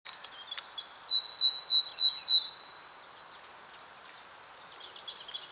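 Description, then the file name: Great tit song: a rapid series of high, clipped two-note phrases repeated several times, then a pause and a fresh burst, over a faint background hiss. "Parus major"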